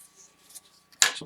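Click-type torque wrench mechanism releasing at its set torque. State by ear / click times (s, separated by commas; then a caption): torque reached / 1.0 s. A new Tekton 3/8-inch drive click-type torque wrench is loaded until its mechanism releases at the set torque. After near-silence with a few faint ticks, one sharp, loud metallic click sounds at 1.0 s, followed by a brief rattling decay.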